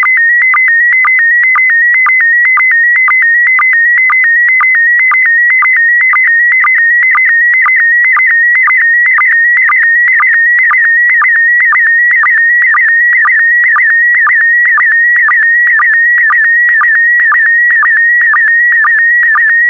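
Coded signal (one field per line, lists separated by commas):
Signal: SSTV (slow-scan television)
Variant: PD120 mode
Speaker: complete. You can now check your decoded image against the picture that is shown on the video.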